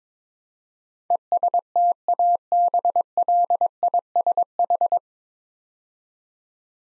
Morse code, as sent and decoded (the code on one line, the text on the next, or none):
. ... - .- -... .-.. .. ... ....
ESTABLISH